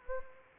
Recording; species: mosquito wingbeat signal from an infrared sensor; Anopheles arabiensis